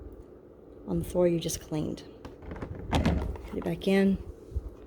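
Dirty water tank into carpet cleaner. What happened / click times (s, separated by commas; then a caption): The tank is being handled and has not yet seated / none. A dirty water tank is handled as it is put back into a Hoover PowerDash carpet cleaner, while someone talks throughout. Brief plastic-like knocks and taps sound between about 2.3 and 3.2 seconds, with the loudest near 3.0 seconds. The tank has not seated or clicked in yet by the end of the clip.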